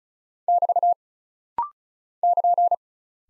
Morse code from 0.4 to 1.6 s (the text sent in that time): <BT>